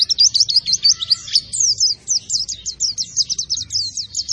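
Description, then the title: White-eye song, many quick high chirps in a lively twittering series. Described as a vigorous singer without doping, fed only banana. "Pleci Gacor Tanpa Doping Hanya Pake Pisang"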